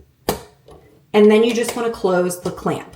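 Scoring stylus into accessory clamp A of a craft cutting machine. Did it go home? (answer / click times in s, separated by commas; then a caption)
yes / 0.3 s. A well-used, dirty plastic scoring stylus is pushed into accessory clamp A of a Cricut craft cutting machine and clicks into place with a single sharp hit at 0.3 s. It seats, and then someone talks.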